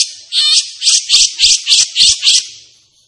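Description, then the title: Grey-cheeked bulbul song: a steady series of about seven coarse, buzzy notes, evenly spaced at about three and a half per second. Captive bird singing energetically and continuously in an excited state; used as tutor song for teaching other caged birds (masteran). "Cucak Jenggot Gacor. Cucak Jenggot Emosi Untuk Masteran"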